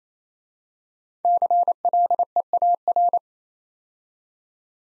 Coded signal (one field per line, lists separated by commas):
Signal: Morse code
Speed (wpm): 28 wpm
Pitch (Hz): 700 Hz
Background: none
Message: CLEAR